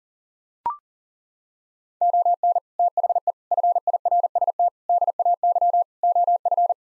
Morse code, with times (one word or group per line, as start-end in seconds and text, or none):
2.0-2.6 ON
2.8-3.3 THE
3.5-4.7 FIRST
4.9-5.8 DAY
6.0-6.7 OF